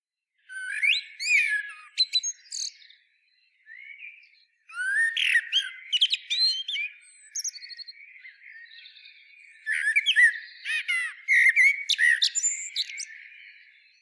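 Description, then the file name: Eurasian blackbird delivering several song phrases. Each is a fluty warble that ends in high, squeaky, rapid twitters. The phrases come in close succession. "Turdus merula"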